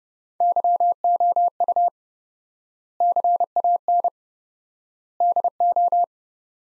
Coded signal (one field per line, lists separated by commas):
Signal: Morse code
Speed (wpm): 32 wpm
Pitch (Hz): 700 Hz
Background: none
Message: YOU CAN DO